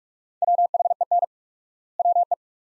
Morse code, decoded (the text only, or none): WHEN WE